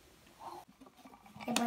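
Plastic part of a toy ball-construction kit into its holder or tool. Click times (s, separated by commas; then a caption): 1.6 s. A plastic part of a toy ball-construction kit is pressed into its holder or tool. Soft rustling and small taps build to a sharp, loud click at 1.6 seconds, and the part seats in place.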